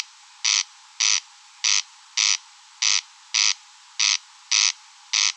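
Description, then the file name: Corn crake with harsh, scraping paired notes, about nine rasps in quick regular succession, like a comb drawn over a card. In meadows. "Engsnarre Roenbjerg Enge"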